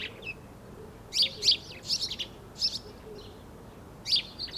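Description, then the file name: House sparrow giving short, bright chirps, singly and in pairs with brief gaps, over a faint low background hum. "Passer domesticus"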